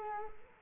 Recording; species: mosquito wingbeat signal from an infrared sensor; Culex quinquefasciatus